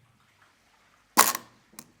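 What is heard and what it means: A flathead screwdriver pries the anti-reverse latch off an SSR4 Mk2 airsoft rifle gearbox, and the latch lets go at 1.2 s with a sharp metallic snap as the spring tension unwinds through the metal gears. A second, smaller snap follows at 1.4 s and a faint tick at 1.8 s. The gearbox is released and fully detensioned.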